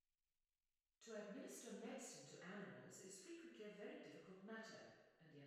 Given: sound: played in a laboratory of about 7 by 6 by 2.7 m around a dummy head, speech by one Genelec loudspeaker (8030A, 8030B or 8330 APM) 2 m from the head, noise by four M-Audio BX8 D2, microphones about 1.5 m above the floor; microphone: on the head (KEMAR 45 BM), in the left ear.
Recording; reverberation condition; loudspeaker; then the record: female speech in English; high; 60 degrees to the right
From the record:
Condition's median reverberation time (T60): about 1300 ms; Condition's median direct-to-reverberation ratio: about -4.0 dB